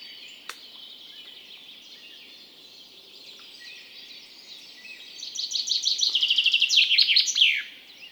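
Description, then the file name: Common chaffinch singing after several seconds of quiet background: a fast series of repeated notes falling in pitch, finishing with a sharp flourish. "Fringilla coelebs"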